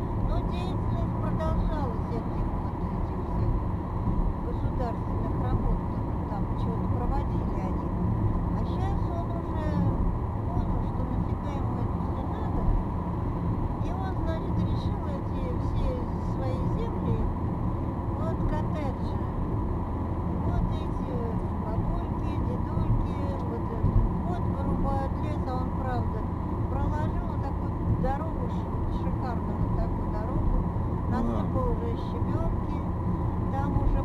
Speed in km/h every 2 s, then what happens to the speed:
81, 81, 82, 82, 82, 82, 82, 83, 83, 84, 84, 83, 83, 83, 85, 84, 85.
0-34 steady at about 83.